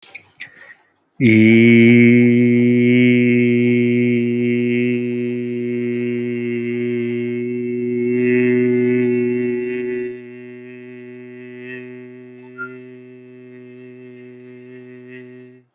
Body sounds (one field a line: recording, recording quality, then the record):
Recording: sustained vowel as in beet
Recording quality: excellent, no background noise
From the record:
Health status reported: healthy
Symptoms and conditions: none ticked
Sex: male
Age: 29 years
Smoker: yes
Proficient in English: yes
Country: India